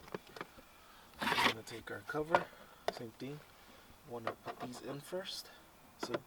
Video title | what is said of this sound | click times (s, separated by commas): DIY Cabin Filter RR 2014 Toyota 4Runner SR5 | Just push until it snaps in both sides. | 0.1 s, 0.4 s